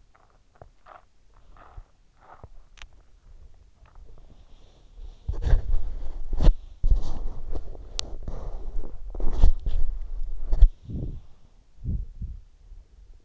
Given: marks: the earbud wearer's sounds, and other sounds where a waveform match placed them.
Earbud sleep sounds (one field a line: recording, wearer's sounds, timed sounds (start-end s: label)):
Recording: sounds in sleep by an in-ear microphone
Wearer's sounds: body movement, teeth grinding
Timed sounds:
0.00-13.25 s: body movement
2.52-3.09 s: teeth grinding